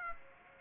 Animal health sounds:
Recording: mosquito wingbeat signal from an infrared sensor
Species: Aedes aegypti

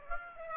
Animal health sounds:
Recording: mosquito wingbeat signal from an infrared sensor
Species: Aedes aegypti

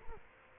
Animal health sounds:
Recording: mosquito wingbeat signal from an infrared sensor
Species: Culex quinquefasciatus

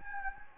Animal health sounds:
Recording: mosquito wingbeat signal from an infrared sensor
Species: Anopheles gambiae

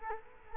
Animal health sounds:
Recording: mosquito wingbeat signal from an infrared sensor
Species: Culex quinquefasciatus

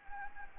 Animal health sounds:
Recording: mosquito wingbeat signal from an infrared sensor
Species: Anopheles gambiae

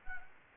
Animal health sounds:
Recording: mosquito wingbeat signal from an infrared sensor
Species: Anopheles gambiae

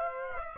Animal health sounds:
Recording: mosquito wingbeat signal from an infrared sensor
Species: Aedes aegypti

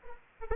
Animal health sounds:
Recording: mosquito wingbeat signal from an infrared sensor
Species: Anopheles arabiensis

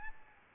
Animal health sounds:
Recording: mosquito wingbeat signal from an infrared sensor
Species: Aedes albopictus

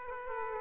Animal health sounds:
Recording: mosquito wingbeat signal from an infrared sensor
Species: Aedes aegypti

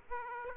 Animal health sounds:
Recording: mosquito wingbeat signal from an infrared sensor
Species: Aedes aegypti

